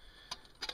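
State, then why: Seated. The assembled sheet-metal body of an Emberlit folding wood stove is twisted slightly so its slotted front panel, which has no groove, locks into the side panels. Sharp metal clicks sound at 0.3 s and 0.7 s. The front panel is locked in place.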